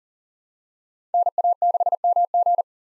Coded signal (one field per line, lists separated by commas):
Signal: Morse code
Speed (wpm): 40 wpm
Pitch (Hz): 700 Hz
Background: none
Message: NA6MG